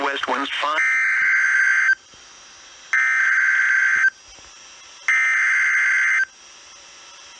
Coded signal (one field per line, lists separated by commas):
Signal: Emergency Alert System (SAME) tones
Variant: header bursts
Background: speech